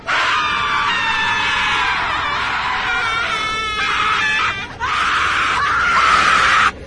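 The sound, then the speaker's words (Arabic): A loud, sustained high-pitched scream with a wavering, shrill tone runs almost the whole time, breaking briefly before a final piercing burst. “بس فجأة سمعت صوت صرخة رهيبة.”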